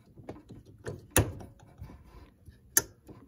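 A plastic ink cartridge is pushed into the printhead carriage of an HP OfficeJet Pro 8035e inkjet printer, with soft plastic rustling and handling taps around it. Two sharp, loud clicks ring out at 1.2 s and 2.8 s as the cartridge seats home.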